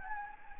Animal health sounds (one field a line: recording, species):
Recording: mosquito wingbeat signal from an infrared sensor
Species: Anopheles gambiae